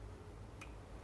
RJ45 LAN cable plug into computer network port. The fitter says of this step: เนี่ยครับักดังแก๊กมันจะมันจะล็อกถ้าล็อกนะครับมันจะล็อกมันจะดังแก๊กนะครับ